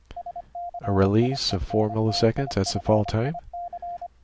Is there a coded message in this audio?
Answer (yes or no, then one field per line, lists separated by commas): yes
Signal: Morse code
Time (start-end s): 0.2-4.1 s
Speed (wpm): 26 wpm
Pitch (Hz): 700 Hz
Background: speech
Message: SCIENTIFIC